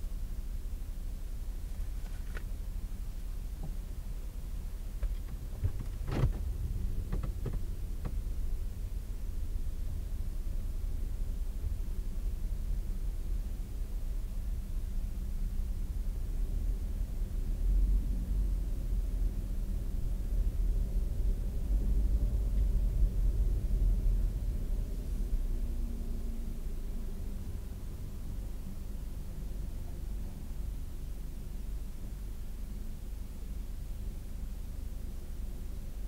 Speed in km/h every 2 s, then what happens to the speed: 0, 0, 0, 0, 0, 0, 3, 3, 8, 8, 8, 8, 3, 2, 0, 0, 0, 0.
0-10 standing. 10-16 pulls away to 8. 16-22 steady at about 8. 22-25 slows to 2. 25-36 standing.